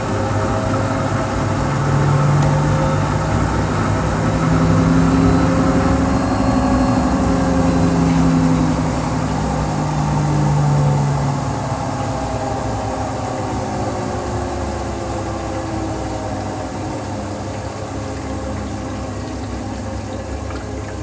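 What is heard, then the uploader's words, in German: A washing machine turns laundry with steady, rumbling, gurgling rotations, a low hum rising and falling gently, louder through the first ten seconds. Wäsche in der Waschmaschine. Gleichmäßigen, rumpelnd-gluckernden Umdrehungen der Waschmaschine.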